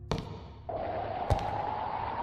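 Two heavy, dull footsteps of someone coming down a staircase from the third floor, spaced about a second apart, with a steady mid-pitched hum rising in between them and holding to the end. No one speaks.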